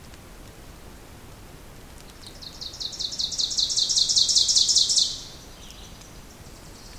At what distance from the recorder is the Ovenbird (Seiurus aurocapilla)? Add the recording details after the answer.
about 15 m. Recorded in boreal forest in Alberta, Canada, on 2 June 2016 at 08:48. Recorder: SongMeter 3, array SBT-3-7. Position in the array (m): 227 m, 47 m. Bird 6